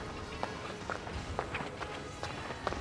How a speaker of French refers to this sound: Rue vide, ambiance soir. Deux, bruit de pas, plusieurs.